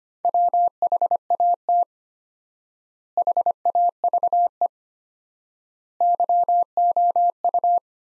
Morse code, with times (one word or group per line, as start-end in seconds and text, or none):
0.2-1.8 WHAT
3.2-4.7 HAVE
6.0-7.8 YOU